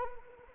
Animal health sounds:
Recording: mosquito wingbeat signal from an infrared sensor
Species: Anopheles arabiensis

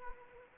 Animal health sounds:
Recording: mosquito wingbeat signal from an infrared sensor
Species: Anopheles arabiensis

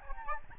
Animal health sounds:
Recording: mosquito wingbeat signal from an infrared sensor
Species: Aedes albopictus

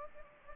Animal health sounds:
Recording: mosquito wingbeat signal from an infrared sensor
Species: Anopheles gambiae

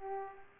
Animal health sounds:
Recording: mosquito wingbeat signal from an infrared sensor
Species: Aedes aegypti

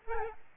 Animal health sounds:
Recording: mosquito wingbeat signal from an infrared sensor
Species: Aedes albopictus

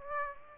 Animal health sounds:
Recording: mosquito wingbeat signal from an infrared sensor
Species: Aedes aegypti

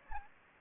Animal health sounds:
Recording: mosquito wingbeat signal from an infrared sensor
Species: Anopheles gambiae

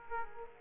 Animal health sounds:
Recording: mosquito wingbeat signal from an infrared sensor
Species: Aedes aegypti

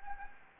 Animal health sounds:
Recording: mosquito wingbeat signal from an infrared sensor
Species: Anopheles gambiae

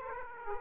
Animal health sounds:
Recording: mosquito wingbeat signal from an infrared sensor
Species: Aedes aegypti

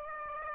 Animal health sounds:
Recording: mosquito wingbeat signal from an infrared sensor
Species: Aedes aegypti

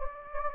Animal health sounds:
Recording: mosquito wingbeat signal from an infrared sensor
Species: Anopheles gambiae

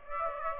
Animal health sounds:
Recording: mosquito wingbeat signal from an infrared sensor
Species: Aedes aegypti

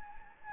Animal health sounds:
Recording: mosquito wingbeat signal from an infrared sensor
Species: Anopheles gambiae

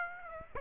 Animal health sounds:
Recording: mosquito wingbeat signal from an infrared sensor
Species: Aedes aegypti

